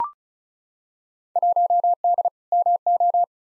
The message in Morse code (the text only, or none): 1D MO